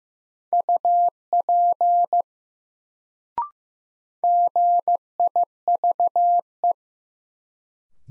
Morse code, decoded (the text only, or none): UP GIVE